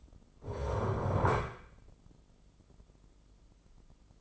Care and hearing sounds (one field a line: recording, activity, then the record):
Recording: daily activity, microphone in the room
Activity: stand up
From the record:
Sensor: 5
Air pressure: 996.1 hPa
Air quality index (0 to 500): 244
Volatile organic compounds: 453 ppm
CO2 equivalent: 4754 ppm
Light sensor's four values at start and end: 155/372/157/171 and 155/372/157/171